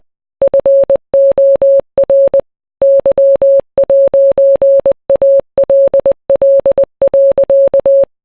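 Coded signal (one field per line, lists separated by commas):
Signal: Morse code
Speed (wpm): 20 wpm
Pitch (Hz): 550 Hz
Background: none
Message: FOR Y'ALL.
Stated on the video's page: Morse code rendition of a song.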